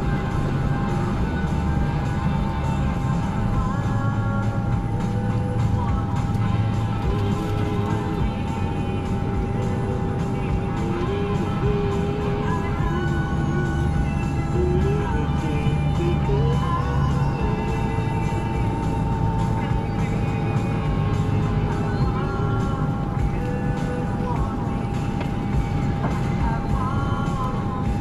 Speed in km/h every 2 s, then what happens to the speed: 74, 74, 76, 76, 76, 77, 84, 85, 89, 89, 90, 87, 87, 89.
0-11 steady at about 76. 11-16 speeds up to 89. 16-28 steady at about 89.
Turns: none.